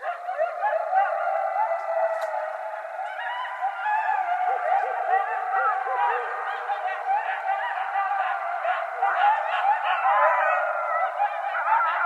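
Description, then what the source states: Coyotes calling as a group, a continuous jumble of yips, squeaky yelps and wavering howls. Several coyotes recorded on 20 January 2012.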